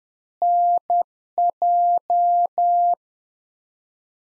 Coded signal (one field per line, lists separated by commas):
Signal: Morse code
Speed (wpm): 10 wpm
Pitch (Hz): 700 Hz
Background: none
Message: NJ